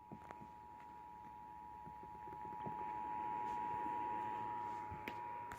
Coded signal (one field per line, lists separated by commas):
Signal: Emergency Alert System (SAME) tones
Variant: 853 and 960 Hz attention tone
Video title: EAS #306-309: Required Monthly Test